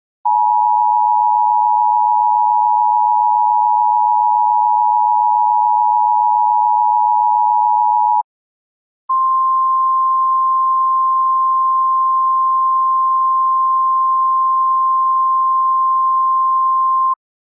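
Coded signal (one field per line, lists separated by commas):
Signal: Emergency Alert System (SAME) tones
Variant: 853 and 960 Hz attention tone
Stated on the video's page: Fictional EAS scenario using valid EAS tones.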